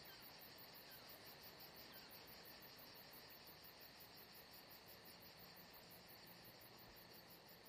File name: Saint Jean De Luz Crickets Atmosphere Only Paul Parker Sven Jungbeck